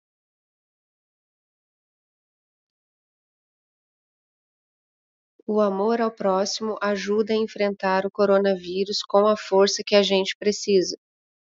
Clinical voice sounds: spoken sentence; Brazilian Portuguese; female; 30 to 39 years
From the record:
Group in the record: control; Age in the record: 33 years

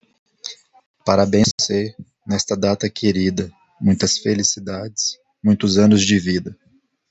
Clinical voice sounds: short text; Brazilian Portuguese; male; 40 to 49 years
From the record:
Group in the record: control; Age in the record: 40 years

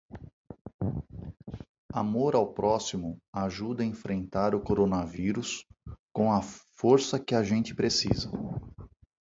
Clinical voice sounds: spoken sentence; Brazilian Portuguese; male; 50 to 59 years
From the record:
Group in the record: control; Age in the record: 55 years

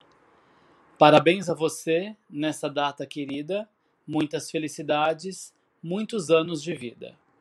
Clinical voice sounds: short text; Brazilian Portuguese; male; 40 to 49 years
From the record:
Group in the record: control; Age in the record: 47 years

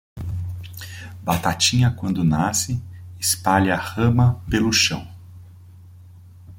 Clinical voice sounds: short text; Brazilian Portuguese; male; 40 to 49 years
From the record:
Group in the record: control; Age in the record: 42 years

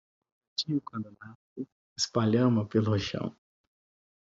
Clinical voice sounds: short text; Brazilian Portuguese; male; 40 to 49 years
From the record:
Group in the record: control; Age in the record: 41 years

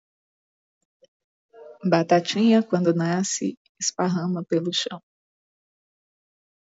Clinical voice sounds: short text; Brazilian Portuguese; female; 40 to 49 years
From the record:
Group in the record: control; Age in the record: 45 years

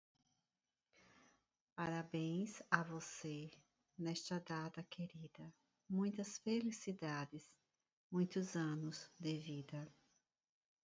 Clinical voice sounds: short text; Brazilian Portuguese; female; 50 to 59 years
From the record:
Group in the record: control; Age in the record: 54 years

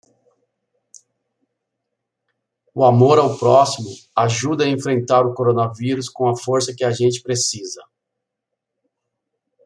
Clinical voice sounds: spoken sentence; Brazilian Portuguese; male; 50 to 59 years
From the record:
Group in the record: control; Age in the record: 55 years

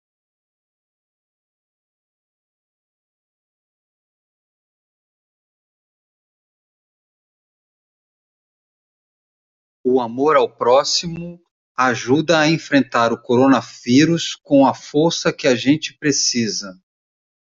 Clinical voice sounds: spoken sentence; Brazilian Portuguese; male; 50 to 59 years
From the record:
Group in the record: control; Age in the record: 55 years

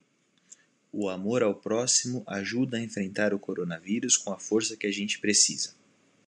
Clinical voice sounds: spoken sentence; Brazilian Portuguese; male; 20 to 29 years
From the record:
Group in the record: control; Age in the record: 29 years

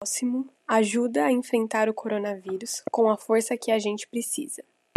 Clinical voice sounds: spoken sentence; Brazilian Portuguese; female; 18 to 19 years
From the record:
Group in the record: control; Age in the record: 18 years

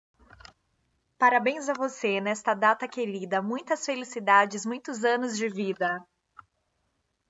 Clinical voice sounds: short text; Brazilian Portuguese; female; 30 to 39 years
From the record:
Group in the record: control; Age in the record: 34 years

